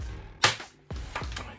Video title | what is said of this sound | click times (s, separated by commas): Xbox One S HDMI Port Replacement | hear the clicks just | 0.4 s, 1.2 s